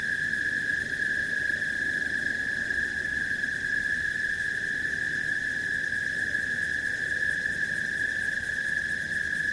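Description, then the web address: Cicada song as an unbroken, even, high drone with no pauses or changes in pitch throughout. "цикады"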